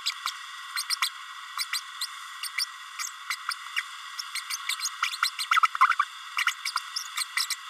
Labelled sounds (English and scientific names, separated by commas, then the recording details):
Green-rumped Parrotlet (Forpus passerinus) babbling
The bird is a male
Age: 31 days
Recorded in a nest box in Venezuela
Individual 17B32A6